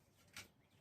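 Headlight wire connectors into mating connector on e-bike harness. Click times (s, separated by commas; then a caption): 0.4 s. Red and black headlight wire connectors from an MBZ Moto Tuttio headlight kit are lined up and pushed into the mating connector on a Tuttio Soleil e-bike harness. A short, bright click sounds at 0.4 s over a low, steady background. The connectors are seated and ready to go.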